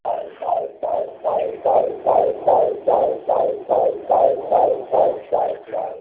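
An adult's rapid, regular heartbeat: whooshing pulses repeat at about 146 a minute, each swelling and fading in a steady rhythm, with a muffled, swishing quality rather than sharp thumps.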